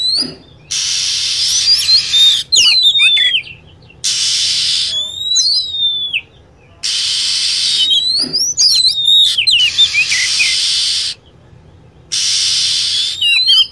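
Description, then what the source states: Lovebird chatter: repeated harsh buzzy bursts broken by clusters of squeaky, bending whistled notes over about fourteen seconds. Lure sound used to attract lovebirds.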